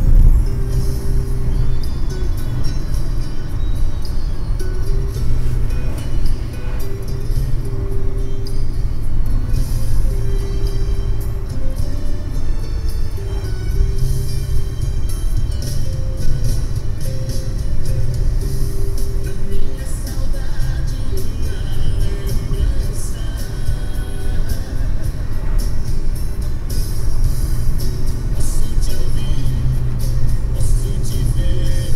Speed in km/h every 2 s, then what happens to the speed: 84, 82, 77, 76, 77, 75, 70, 71, 72, 73, 72, 76, 80, 84, 86, 78.
0-12 slows to 70. 12-20 steady at about 72. 20-27 speeds up to 86. 27-32 slows to 78.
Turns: none.